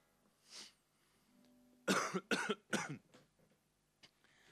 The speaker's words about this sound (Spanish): Cantar a través de la tos y los mocos es como el paradigma del invierno, ¿no?